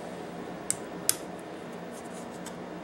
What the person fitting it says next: hear it snap in that's gonna lock that